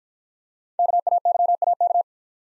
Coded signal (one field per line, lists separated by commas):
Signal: Morse code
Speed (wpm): 46 wpm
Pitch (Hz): 700 Hz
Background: none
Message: KAYAK